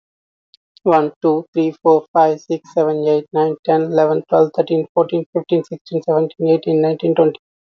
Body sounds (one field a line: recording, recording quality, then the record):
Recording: counting at a fast pace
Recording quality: excellent, no background noise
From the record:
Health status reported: healthy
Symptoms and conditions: none ticked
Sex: male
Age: 33 years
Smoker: not ticked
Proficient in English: yes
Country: India